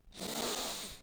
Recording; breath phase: one breath near a microphone; inhalation